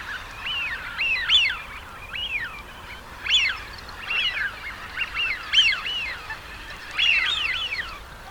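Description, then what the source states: Eurasian wigeon whistles, clear rising-then-falling wheeoo notes given singly and in pairs, with quieter whistles behind. Male.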